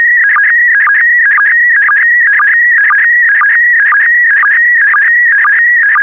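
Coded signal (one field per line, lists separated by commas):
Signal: SSTV (slow-scan television)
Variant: PD120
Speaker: transmission complete you can now check your decoded image against the picture that is shown on the video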